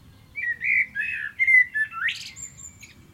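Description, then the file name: Common blackbird song, a rich, mellow whistled warble sliding up and down, ending in a thin high squeaky flourish. "Turdus merula"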